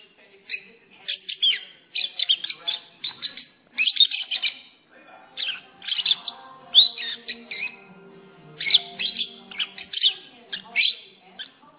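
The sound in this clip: Lovebird chirps and squeaks in scattered clusters, with quiet spells between noisy chattering bursts of high, harsh notes.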